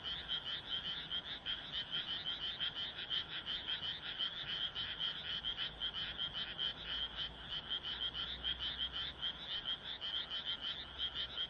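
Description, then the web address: Frogs croaking, a constant pulsing rattle over a faint low rumble in the background. "kaeru kaeru"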